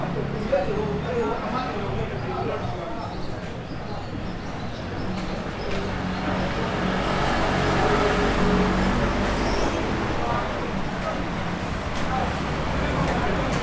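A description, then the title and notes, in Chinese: Passing traffic on a busy street, a steady dense wash of road noise with a low rumble throughout that swells a little louder from about six seconds on. Mixed in is an indistinct murmur of voices and scattered small clicks and knocks. 中和華新街,鄰近捷運南勢角站。可以感受到來往的車流聲。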